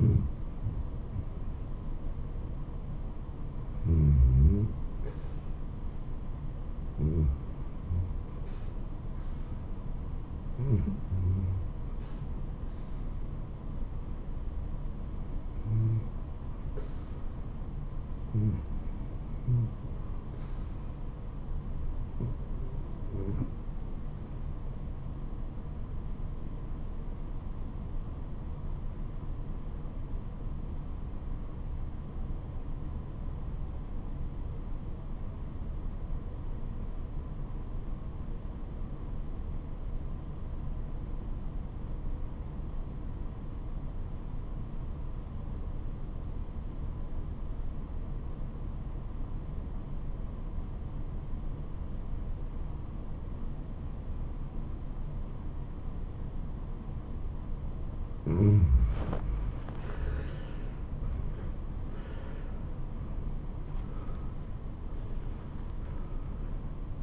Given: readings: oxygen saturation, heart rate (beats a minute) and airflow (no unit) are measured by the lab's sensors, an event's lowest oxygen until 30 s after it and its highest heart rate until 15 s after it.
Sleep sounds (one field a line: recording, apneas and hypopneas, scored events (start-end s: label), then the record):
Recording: breathing in sleep by a smartphone at the bedside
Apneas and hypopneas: 1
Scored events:
26.00-60.60 s: obstructive apnea (REM, oxygen 96% highest, then 84% lowest, heart rate 78 at the start, 86 highest)
From the record:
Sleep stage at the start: REM sleep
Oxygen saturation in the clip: 89 to 97%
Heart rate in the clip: 63 to 86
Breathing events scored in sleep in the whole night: 426 in 7.4 hours asleep